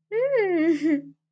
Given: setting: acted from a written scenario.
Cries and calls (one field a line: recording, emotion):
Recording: vocal sound without words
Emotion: elation